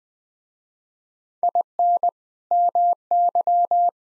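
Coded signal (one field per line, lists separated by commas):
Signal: Morse code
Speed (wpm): 21 wpm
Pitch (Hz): 700 Hz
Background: none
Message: IN MY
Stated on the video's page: Morse sentence practice at 20 wpm; each sentence sent, spoken, then sent again.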